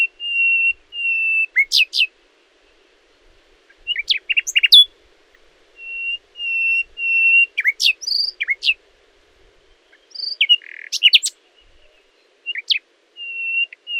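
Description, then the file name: Common nightingale alternating drawn-out pure whistles with quick sharp chips and brief trills, in phrases repeated every few seconds. "Luscinia megarhynchos"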